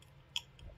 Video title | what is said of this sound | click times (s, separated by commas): ANATOMY OF A KNIFE: FOLDERS | and just clicks right in we have our ball detent which | 0.4 s